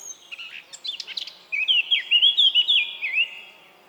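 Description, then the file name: Eurasian blackcap song: a soft, scratchy warble builds into a loud, rich fluted phrase of several clear whistled notes before fading. "Sylvia atricapilla"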